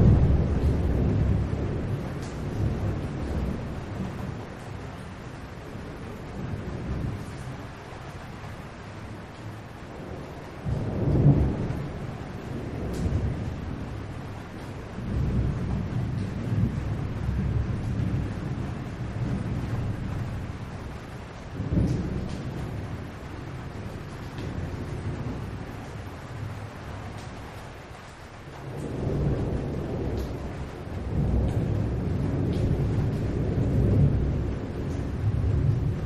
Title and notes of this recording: Thunderstorm Ambiance. Soft, gentle music, and sound of rain and thunder